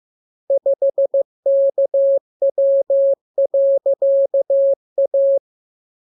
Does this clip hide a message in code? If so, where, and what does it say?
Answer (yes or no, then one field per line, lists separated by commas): yes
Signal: Morse code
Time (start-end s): 0.5-5.4 s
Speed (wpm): 15 wpm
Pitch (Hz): 550 Hz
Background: none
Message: 5KW.A